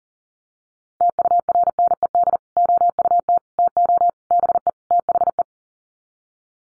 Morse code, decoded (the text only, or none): TURNED OUT TO BE THE